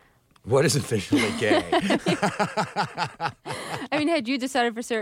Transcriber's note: soundbite of laughter